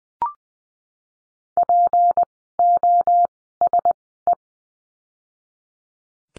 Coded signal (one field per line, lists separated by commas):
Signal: Morse code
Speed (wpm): 20 wpm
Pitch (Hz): 700 Hz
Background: none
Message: POSE